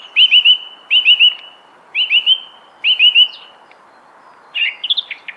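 Thrush singing bright repeated triplets of whistled notes, each group about once a second, followed after a pause by a short squeaky twittering phrase.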